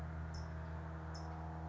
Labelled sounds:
California Towhee
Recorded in Sonoma County, California

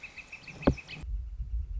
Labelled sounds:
Northern Flicker
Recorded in Sonoma County, California

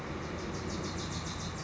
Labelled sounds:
Wilson's Warbler
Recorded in Sonoma County, California

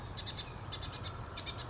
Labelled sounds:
California Towhee
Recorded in Sonoma County, California

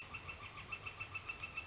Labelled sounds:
Northern Flicker
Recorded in Sonoma County, California

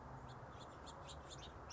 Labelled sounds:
House Finch
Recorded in Sonoma County, California

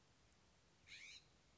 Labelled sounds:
California Scrub-Jay
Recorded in Sonoma County, California

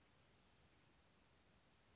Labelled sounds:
Western Flycatcher
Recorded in Sonoma County, California

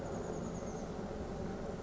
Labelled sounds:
Chestnut-backed Chickadee
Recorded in Sonoma County, California

